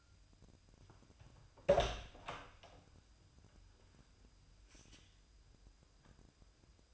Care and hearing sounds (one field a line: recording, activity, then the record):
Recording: daily activity, microphone in the room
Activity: open door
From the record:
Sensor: 2